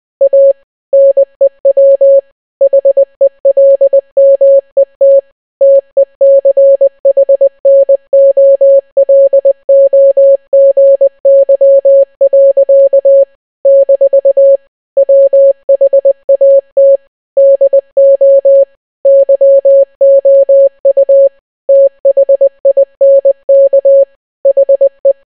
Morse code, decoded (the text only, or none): A NEW HELMET TECHNOLOGY. - WHAT DO YOU THINK HE